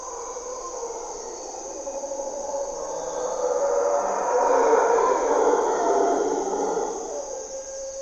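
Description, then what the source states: Mantled howler monkey chorus of deep roaring howls slowly growing louder, then easing off, with a constant shrill insect drone behind. Mantled howler monkeys (Monos Congos) waking the jungle at morning twilight, Parque Nacional Corcovado, Osa Peninsula, Costa Rica; grunts and calls.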